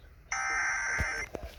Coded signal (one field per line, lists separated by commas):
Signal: Emergency Alert System (SAME) tones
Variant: header bursts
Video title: EAS #316: FFW